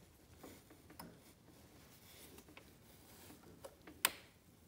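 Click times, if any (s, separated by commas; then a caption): 4.1 s. A belt tool turns the tension adjuster on a snowmobile chain case about a half rotation, and quiet ticks and small clicks are heard as it moves. At 4.0 s the metal retaining clip gives a sharp, loud click and locks the adjuster in place.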